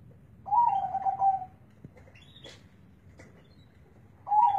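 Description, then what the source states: Zebra dove cooing: a stuttering run of soft coos that flattens into a steady trill, followed by a few faint clicks, then another coo phrase starting at the end. Local Indonesian perkutut, kept as a contest bird; its voice is the main judging criterion in bird contests; recording used as training (masteran) material.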